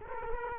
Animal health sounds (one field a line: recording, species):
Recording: mosquito wingbeat signal from an infrared sensor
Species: Culex quinquefasciatus